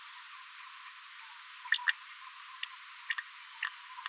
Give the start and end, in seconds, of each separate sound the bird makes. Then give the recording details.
1.72-1.78, 1.86-1.93, 3.09-3.14, 3.17-3.21. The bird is a female. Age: 36 days. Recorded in a nest box in Venezuela. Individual 17B73B4